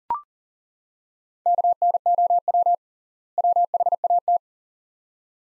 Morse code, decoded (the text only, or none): KNOW WHAT